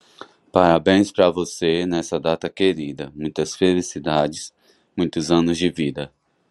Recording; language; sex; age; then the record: short text; Brazilian Portuguese; male; 30 to 39 years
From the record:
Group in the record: control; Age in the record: 32 years